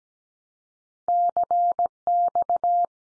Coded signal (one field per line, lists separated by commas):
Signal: Morse code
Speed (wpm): 17 wpm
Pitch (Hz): 700 Hz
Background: none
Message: CX